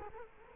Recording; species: mosquito wingbeat signal from an infrared sensor; Culex quinquefasciatus